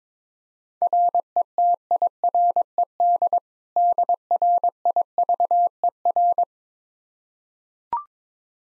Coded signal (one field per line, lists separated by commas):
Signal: Morse code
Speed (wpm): 22 wpm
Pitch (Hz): 700 Hz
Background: none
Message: RETIRED DRIVER